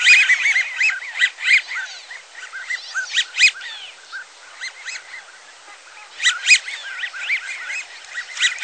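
American wigeon flock calling with many overlapping whistled and wheezy notes, several louder bursts with quieter chatter between.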